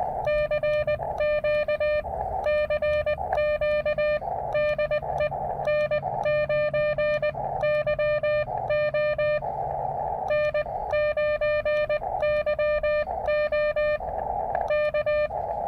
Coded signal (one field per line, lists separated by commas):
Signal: Morse code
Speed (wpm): 20 wpm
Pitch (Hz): 600 Hz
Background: music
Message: CQ CQ DE N9YO N9YO K